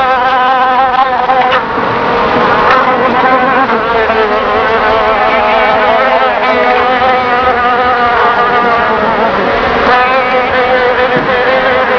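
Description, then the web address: Fly: a thick, continuous buzzing hum whose wavering tones slide slightly up and down. "Key Multimedia Greetings Soft Key 1997. flies"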